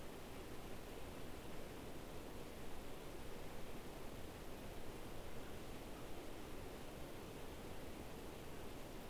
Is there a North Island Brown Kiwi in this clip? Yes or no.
no